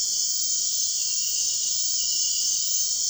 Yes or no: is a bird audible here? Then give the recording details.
no. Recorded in dense forest near Puerto Asís, Putumayo, Colombia, on 9 March 2025 at 02:00. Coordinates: 0.499, -76.324. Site GP03